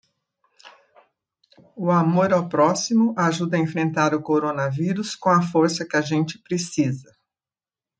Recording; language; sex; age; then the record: spoken sentence; Brazilian Portuguese; female; 60 to 69 years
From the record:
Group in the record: control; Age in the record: 69 years